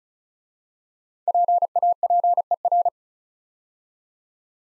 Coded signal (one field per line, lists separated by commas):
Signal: Morse code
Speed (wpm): 36 wpm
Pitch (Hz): 700 Hz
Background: none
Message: PAPER